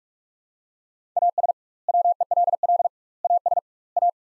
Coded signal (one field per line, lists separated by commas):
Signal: Morse code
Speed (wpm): 46 wpm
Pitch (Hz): 700 Hz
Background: none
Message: AS WELL AS A